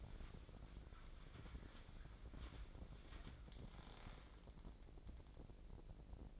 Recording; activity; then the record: daily activity, microphone in the room; wipe stove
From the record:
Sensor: 5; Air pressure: 1012.4 hPa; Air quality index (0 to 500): 158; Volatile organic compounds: 2 ppm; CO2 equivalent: 1076 ppm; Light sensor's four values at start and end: 200/480/205/240 and 201/482/205/241